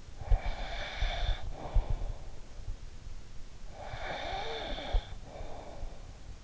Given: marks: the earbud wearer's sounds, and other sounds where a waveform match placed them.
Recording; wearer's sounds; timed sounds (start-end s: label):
sounds in sleep by an in-ear microphone; snoring breath
0.00-2.47 s: snoring breath
3.54-6.27 s: snoring breath